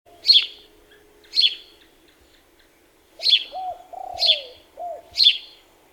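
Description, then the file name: House sparrow chirps: five harsh, buzzy single chirps spaced one to two seconds apart, with a low cooing sound in the middle. "Passer domesticus"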